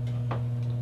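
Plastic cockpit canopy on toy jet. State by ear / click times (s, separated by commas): released / 0.3 s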